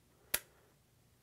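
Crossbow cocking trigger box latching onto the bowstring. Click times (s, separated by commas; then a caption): 0.3 s. A TenPoint Viper 430 crossbow's trigger box, released by its ambidextrous lever, slides down the rail and latches onto the bowstring. A single sharp, bright click sounds at 0.3 s and fades quickly into quiet. The trigger box is seated on the string.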